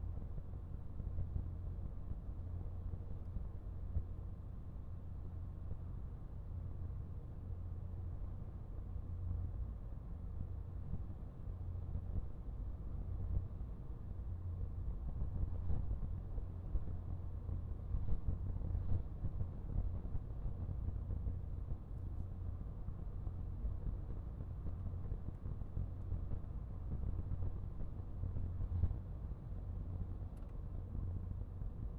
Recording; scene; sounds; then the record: everyday scene through a hearing-aid microphone; in a vehicle; engine, highway driving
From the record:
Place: Skoda Fabia, gasoline engine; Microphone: behind the ear, right, rear